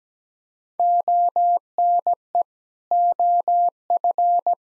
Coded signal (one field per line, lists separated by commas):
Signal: Morse code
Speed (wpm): 17 wpm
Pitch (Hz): 700 Hz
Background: none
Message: ONE OF